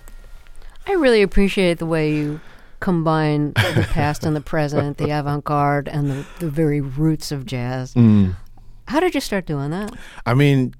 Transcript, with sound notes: really appreciate the way you combine the past and the present...
(Laughter).
...The avant garde and the very roots of jazz. How did you start doing that?